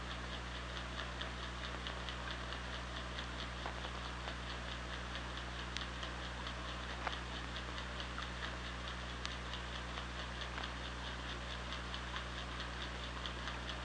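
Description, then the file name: Killer whale clicks come in irregular trains of brief ticks, with a few louder sharp snaps, all over a steady low hum and hiss. Hydrophone recording from OrcaLab, 24 August 2017. "Orca Lab UTLN JASON 20170824"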